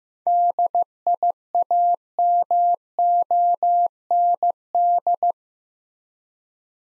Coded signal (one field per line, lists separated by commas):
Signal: Morse code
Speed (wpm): 15 wpm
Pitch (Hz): 700 Hz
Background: none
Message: DIAMOND